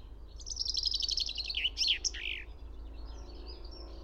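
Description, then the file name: Common chaffinch song: a fast, slightly falling trill of bright notes that ends in a loud, swooping flourish, then fades into quiet background noise. "Fringilla coelebs"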